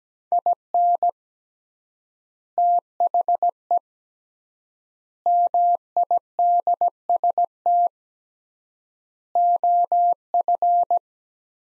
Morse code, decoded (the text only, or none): IN THE MIDST OF